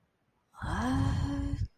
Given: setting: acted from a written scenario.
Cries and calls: vocal sound without words; confusion

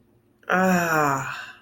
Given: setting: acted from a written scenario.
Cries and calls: vocal sound without words; ecstasy

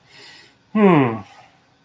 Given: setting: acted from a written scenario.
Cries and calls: vocal sound without words; contentment

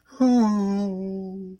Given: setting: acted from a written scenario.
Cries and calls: vocal sound without words; sympathy

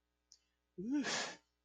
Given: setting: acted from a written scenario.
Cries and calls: vocal sound without words; ecstasy

